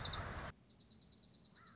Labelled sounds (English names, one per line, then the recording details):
Dark-eyed Junco
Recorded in Sonoma County, California